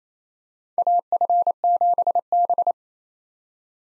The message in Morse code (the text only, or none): AF7B